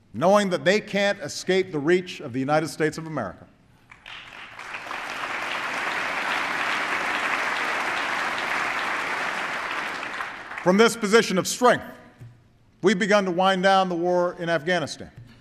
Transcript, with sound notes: knowing that they can’t escape the reach of the United States of America. (Applause.) From this position of strength, we’ve begun to wind down the war in Afghanistan.